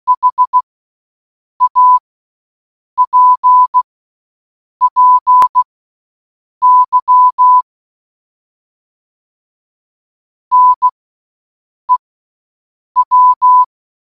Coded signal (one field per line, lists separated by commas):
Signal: Morse code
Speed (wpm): 16 wpm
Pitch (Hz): 1000 Hz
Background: none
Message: HAPPY NEW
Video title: "Happy New Year" In Morse Code Audio